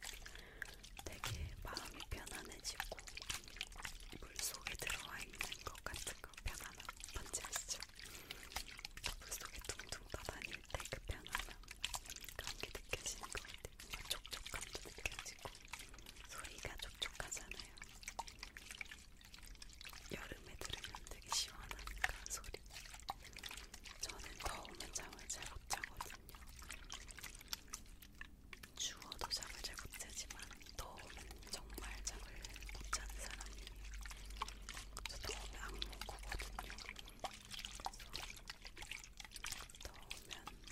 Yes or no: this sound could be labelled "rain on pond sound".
no